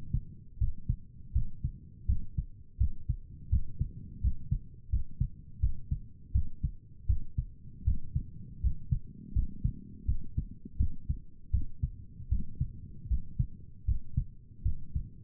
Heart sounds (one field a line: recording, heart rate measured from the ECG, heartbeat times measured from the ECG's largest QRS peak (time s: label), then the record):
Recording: heart sounds by stethoscope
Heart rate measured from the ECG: 81 bpm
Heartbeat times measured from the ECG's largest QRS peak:
0.59 s: heartbeat
1.34 s: heartbeat
2.07 s: heartbeat
2.79 s: heartbeat
3.51 s: heartbeat
4.22 s: heartbeat
4.91 s: heartbeat
5.61 s: heartbeat
6.33 s: heartbeat
7.08 s: heartbeat
7.86 s: heartbeat
8.62 s: heartbeat
9.34 s: heartbeat
10.07 s: heartbeat
10.79 s: heartbeat
11.52 s: heartbeat
12.30 s: heartbeat
13.09 s: heartbeat
13.86 s: heartbeat
14.64 s: heartbeat
From the record:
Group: healthy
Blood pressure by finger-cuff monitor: 111/62 mmHg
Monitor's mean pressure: 74 mmHg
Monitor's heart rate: 81 bpm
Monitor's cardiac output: 7.8 L/min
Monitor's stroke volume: 96 mL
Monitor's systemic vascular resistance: 670 dyn s/cm5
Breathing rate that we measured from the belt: 14 breaths a minute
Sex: male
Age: 19 years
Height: 178 cm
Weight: 83 kg